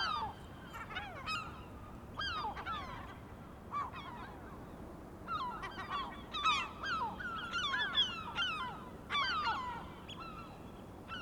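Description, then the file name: Gulls uttering scratchy, falling cries in irregular bursts, several birds calling with short quieter gaps. Several gulls, recorded 23 May 2004. "Mouettes 040523"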